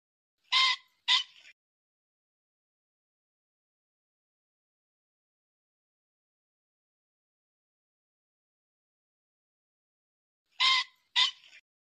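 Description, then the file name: Pheasant calls: two harsh squawks close together, a long quiet gap, then the same rasping double note repeated near the end. "Tieng chim tri"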